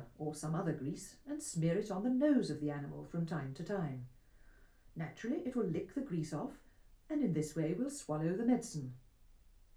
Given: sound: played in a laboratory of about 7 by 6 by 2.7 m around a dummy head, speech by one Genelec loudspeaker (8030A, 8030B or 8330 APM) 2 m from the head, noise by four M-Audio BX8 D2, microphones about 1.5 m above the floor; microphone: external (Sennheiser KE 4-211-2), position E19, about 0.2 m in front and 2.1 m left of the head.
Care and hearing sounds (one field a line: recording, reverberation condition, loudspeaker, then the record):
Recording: female speech in English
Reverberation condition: low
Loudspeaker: 150 degrees to the left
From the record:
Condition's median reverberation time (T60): about 310 ms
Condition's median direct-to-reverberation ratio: about 3.5 dB